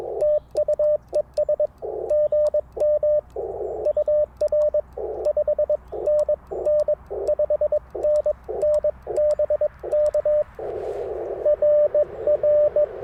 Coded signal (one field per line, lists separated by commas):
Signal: Morse code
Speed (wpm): 21 wpm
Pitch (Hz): 590 Hz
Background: radio noise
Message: TU ES GM UR 5NN 5NN BK RR